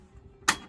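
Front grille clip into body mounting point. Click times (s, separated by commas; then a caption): 0.5 s. The middle clip of a Chevrolet Trailblazer's plastic front grille, refitted while replacing the headlights with LED bulbs, is pressed into its body mounting point. Over a faint low background, a single sharp snap rings out at 0.5 s. The clip is seated.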